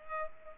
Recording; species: mosquito wingbeat signal from an infrared sensor; Culex pipiens